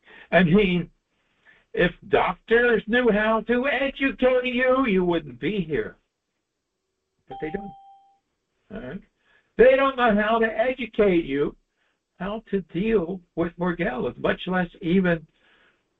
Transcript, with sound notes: I mean, if doctors knew how to educate you, you wouldn't be here. (bell rings) But they don't. All right? They don't know how to educate you how to deal with Morgellons, much less even